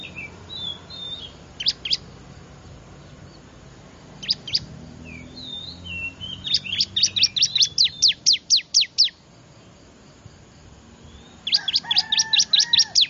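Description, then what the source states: Prinia calling: scattered sharp note pairs, then a long rattling run of high, quick notes, and another run near the end; soft chirps behind. Lure call used to attract wild small birds; local name ciblek.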